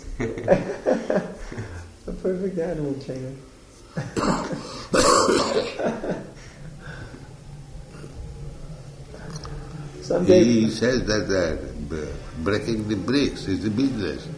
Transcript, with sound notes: The perfect animal trainer. [laughing]
He said that breaking the bricks is the business.